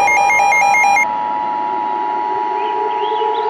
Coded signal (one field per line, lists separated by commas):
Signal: Emergency Alert System (SAME) tones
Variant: 853 and 960 Hz attention tone